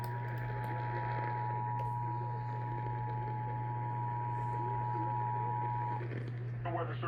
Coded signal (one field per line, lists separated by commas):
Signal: Emergency Alert System (SAME) tones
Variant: 853 and 960 Hz attention tone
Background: speech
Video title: Eas Hgx svr on KTRH 740am KHJK 103.7fm and Kyaz 51.1 Eas#1601- 1603